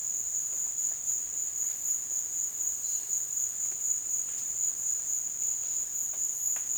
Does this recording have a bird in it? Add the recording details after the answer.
no. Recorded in dense forest near Puerto Asís, Putumayo, Colombia, on 25 June 2025 at 16:00. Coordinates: 0.484, -76.325. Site H65